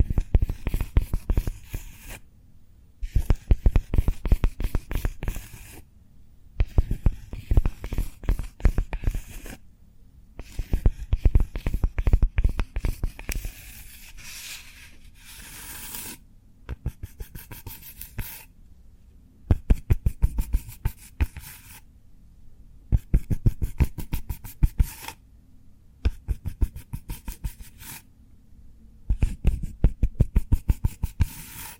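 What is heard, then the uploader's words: Cork being tapped, scratched and rubbed in bursts of dense, fast clicking and scraping, each lasting a few seconds. Short silent gaps fall between the bursts about every three to four seconds. The sounds are crisp and textured, with some soft low thumps underneath. ASMR Cork Triggers. (No Talking).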